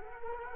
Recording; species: mosquito wingbeat signal from an infrared sensor; Culex quinquefasciatus